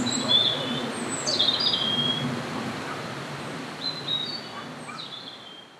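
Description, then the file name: European robin song: a few bright, high whistled phrases with sliding notes, set against faint low humming background noise. "rouge gorge"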